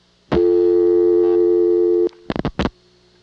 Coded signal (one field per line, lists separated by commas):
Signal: telephone call progress tone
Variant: North America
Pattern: dial tone